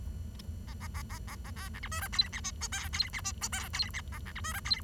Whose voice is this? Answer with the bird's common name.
Bengalese Finch